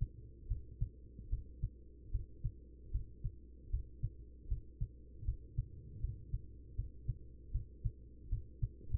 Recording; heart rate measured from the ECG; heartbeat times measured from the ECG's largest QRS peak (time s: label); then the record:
heart sounds by stethoscope; 77 bpm
0.47 s: heartbeat
1.29 s: heartbeat
2.11 s: heartbeat
2.91 s: heartbeat
3.70 s: heartbeat
4.48 s: heartbeat
5.24 s: heartbeat
6.00 s: heartbeat
6.75 s: heartbeat
7.51 s: heartbeat
8.29 s: heartbeat
From the record:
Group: healthy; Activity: cold pressor test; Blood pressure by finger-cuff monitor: 136/87 mmHg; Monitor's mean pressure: 103 mmHg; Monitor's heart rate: 77 bpm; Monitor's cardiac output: 5.7 L/min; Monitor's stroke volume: 75 mL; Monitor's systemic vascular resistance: 1340 dyn s/cm5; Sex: female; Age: 43 years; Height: 160 cm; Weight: 90 kg